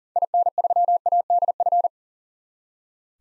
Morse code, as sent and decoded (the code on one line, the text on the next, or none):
.. -. ...-- .- -.. ..-.
IN3ADF